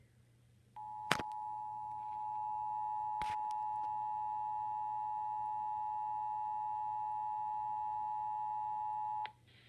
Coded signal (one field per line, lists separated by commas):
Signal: Emergency Alert System (SAME) tones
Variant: 853 and 960 Hz attention tone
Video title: 2016 National EAS Test- National Periodic Test (EAS #104)